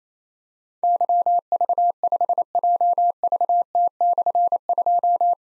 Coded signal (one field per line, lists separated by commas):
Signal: Morse code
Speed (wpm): 29 wpm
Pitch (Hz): 700 Hz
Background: none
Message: YV5JVT/2